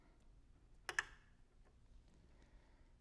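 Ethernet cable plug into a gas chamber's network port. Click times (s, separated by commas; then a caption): 0.9 s, 1.0 s. An Ethernet cable plug is pushed into the network port on a smart gas chamber until both of its metal clasps latch. Two sharp clicks sound at 0.9 s and 1.0 s over a quiet background, and the connector is seated.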